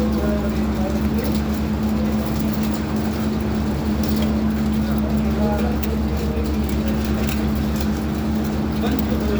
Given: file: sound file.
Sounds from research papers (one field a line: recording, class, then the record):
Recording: poultry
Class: feeding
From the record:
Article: Edge intelligence for poultry welfare: Utilizing tiny machine learning neural network processors for vocalization analysis